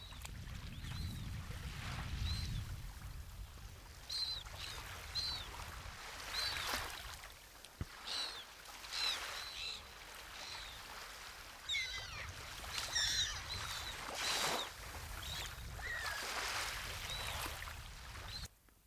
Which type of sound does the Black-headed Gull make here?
call